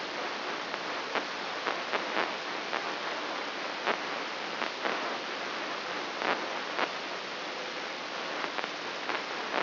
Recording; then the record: brain microelectrode recording played as sound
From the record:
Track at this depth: outside the subthalamic nucleus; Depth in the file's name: 7.86 mm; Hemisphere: left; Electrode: 3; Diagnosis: Parkinson's disease